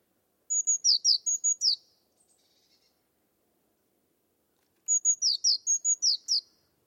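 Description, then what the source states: Bird giving two rapid high phrases of piping notes mixed with quick falling chirps, separated by a few seconds of near silence. Bird only.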